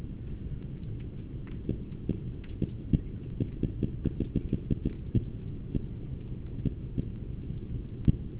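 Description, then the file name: Haddock knocking sounds, low dull thumps repeated irregularly over a steady low rumble. Haddock making knocking sounds. "Hawkins. Melanogrammus-aeglefinus Knock"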